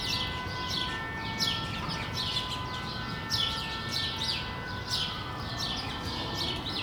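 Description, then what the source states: Sparrows chirping repeatedly in clusters of quick sharp notes, with continuous low noise and a steady tonal hum behind. Recorded on Rue de l'épargne, Brussels, Belgium, for World Sparrow Day; Lom mikroUši AB microphones into Deity PR-2 recorder.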